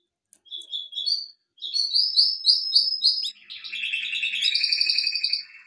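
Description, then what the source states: Canary singing short whistled phrases that build into a fast, bright trill, then a lower, richer rolling tour. Canary song for training.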